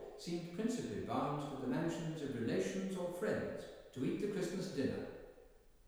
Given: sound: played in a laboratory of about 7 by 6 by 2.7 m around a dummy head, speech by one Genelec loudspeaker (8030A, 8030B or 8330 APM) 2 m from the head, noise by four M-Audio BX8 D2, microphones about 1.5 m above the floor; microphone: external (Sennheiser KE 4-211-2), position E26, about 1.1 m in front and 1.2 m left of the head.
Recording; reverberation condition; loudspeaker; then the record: male speech in English; high; 30 degrees to the right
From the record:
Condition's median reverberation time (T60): about 1300 ms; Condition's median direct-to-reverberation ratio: about -4.0 dB